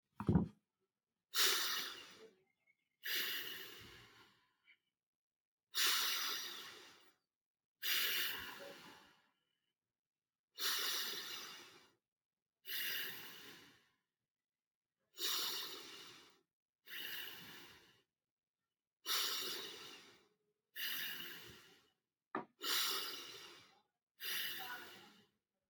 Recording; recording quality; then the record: deep breathing; excellent, no background noise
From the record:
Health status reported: healthy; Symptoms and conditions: none ticked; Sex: male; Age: 37 years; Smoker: yes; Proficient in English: yes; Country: India